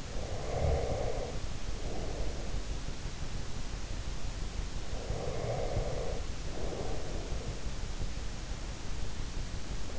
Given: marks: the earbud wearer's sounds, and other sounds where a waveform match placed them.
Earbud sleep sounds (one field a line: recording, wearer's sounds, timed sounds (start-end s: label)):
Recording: sounds in sleep by an in-ear microphone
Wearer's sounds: breath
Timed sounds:
0.00-2.68 s: breath
4.94-7.80 s: breath